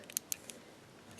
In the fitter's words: even wind up there we go feel that little clique I'm